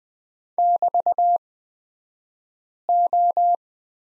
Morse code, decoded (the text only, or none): <BT>O